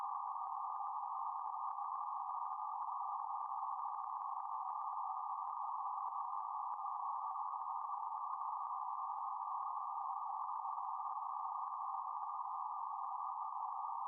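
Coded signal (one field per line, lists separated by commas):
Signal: PSK31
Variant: BPSK31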